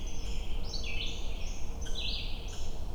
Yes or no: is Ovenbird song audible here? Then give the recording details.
no. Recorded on 22 June 2016 at 05:44. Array SBT-6-76